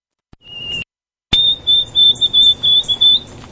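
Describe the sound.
White-throated sparrow song: a clear, pure whistled note, then a slightly higher whistle broken into a run of short repeated notes, in a quiet background.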